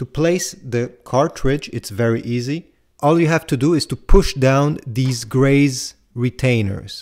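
Someone talks while getting ready to push down the gray plastic retainer over the ink cartridge in the cartridge holder of a Canon PIXMA MG3620 inkjet printer, pressing with one finger until it locks. Only speech is heard, and nothing has seated or clicked yet.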